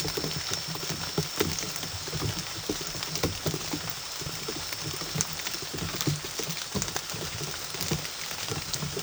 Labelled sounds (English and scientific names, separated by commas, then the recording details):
none
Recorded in pastures near Puerto Asís, Putumayo, Colombia, on 24 March 2025 at 18:30
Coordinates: 0.487, -76.322
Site G077